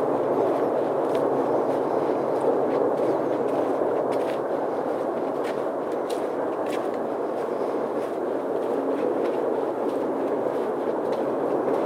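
A night hike on the Appleton Trail, carried by a steady, dense rushing wash that sits in the middle range and never changes in level. Faint, brief ticks and crackles break through irregularly, most often between about one and seven seconds.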